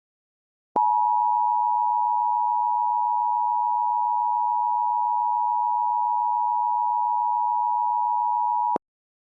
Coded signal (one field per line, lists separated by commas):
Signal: Emergency Alert System (SAME) tones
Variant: 853 and 960 Hz attention tone